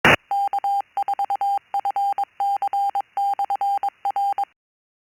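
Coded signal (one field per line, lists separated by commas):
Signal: Morse code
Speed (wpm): 22 wpm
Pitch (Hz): 800 Hz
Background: none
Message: K4FC/R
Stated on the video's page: Received by a shortwave listener during a net.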